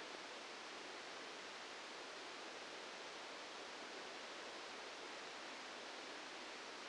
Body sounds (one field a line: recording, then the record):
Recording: brain microelectrode recording played as sound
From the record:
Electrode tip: outside the subthalamic nucleus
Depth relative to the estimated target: -3 mm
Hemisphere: left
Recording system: NeuroSet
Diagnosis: Parkinson's disease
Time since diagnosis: 8 years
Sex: male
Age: 65 years